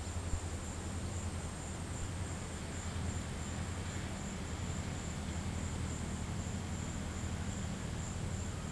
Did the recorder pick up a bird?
no